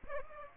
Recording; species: mosquito wingbeat signal from an infrared sensor; Aedes aegypti